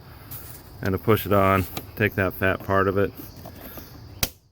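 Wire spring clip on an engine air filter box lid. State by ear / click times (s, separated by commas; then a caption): seated / 4.2 s. Someone talks while pushing on the fat part of a metal wire spring clip on an engine air filter box lid. At 4.2 s a sharp click is heard as the clip snaps back over the air filter housing lid and seats in position.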